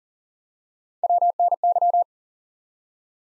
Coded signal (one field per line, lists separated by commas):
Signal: Morse code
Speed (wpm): 42 wpm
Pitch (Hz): 700 Hz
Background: none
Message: WNY